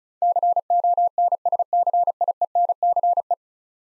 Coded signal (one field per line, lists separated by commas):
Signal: Morse code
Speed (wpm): 36 wpm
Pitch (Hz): 700 Hz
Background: none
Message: CONSCIENCE